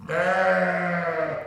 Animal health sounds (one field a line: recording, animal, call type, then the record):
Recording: contact call of a hoofed animal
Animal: sheep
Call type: low-frequency (closed-mouth) or high-frequency (open-mouth) call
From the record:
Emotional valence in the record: negative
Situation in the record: short social isolation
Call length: 1.47 s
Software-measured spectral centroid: 1550 Hz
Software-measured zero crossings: 1830 a second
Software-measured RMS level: -24 dBFS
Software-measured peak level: -10 dBFS